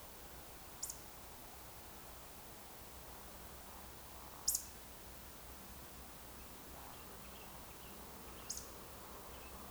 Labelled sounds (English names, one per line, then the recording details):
Eurasian Woodcock whistle
Eurasian Woodcock croak
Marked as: woodcock, woodcock, whistle, croak, woodcock
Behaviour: display flight
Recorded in Baden-Württemberg, Germany, on 27 June 2020 at 02:26 UTC
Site 43791, 788 m above sea level